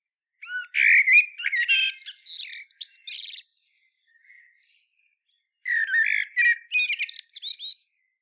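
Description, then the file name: Eurasian blackbird giving harsh squawky chatters and high squeaks in two loud bursts separated by a few seconds of near silence. "Turdus merula"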